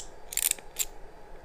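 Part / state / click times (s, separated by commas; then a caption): strain gauge lead connector into data acquisition channel input / seated / 0.4 s, 0.5 s. The crimped lead from grid two of a strain gauge rosette has its plug pushed into the bridge input for channel two on a data acquisition system. A short burst of sharp plastic clicks is heard at 0.4, 0.5 and 0.5 seconds, followed by a further brief high-pitched burst near 0.8 seconds. The connector clicks in and is seated.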